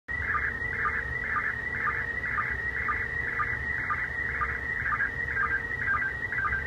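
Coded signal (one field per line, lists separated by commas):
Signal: SSTV (slow-scan television)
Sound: warbling tone shifting in pitch, with short low blips about twice a second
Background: low hum and noise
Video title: ISS SSTV download 08/03 1900 UTC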